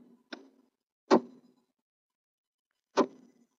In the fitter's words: we'll just lock into place.